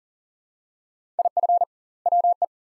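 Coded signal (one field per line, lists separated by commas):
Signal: Morse code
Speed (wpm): 38 wpm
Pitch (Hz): 700 Hz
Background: none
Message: IF WE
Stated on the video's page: Morse practice at 40 wpm, two-word sets with 2x word spacing, Farnsworth-like method using words; each set is sent, then spoken.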